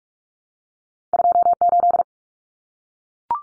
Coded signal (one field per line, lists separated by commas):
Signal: Morse code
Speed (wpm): 44 wpm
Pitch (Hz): 700 Hz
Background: none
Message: 28